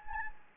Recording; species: mosquito wingbeat signal from an infrared sensor; Anopheles gambiae